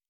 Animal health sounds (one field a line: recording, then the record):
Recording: hydrophone in a shrimp aquaculture tank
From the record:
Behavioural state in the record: normal